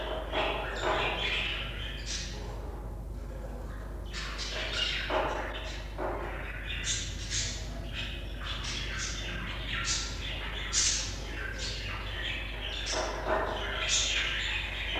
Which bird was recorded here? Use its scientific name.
Melopsittacus undulatus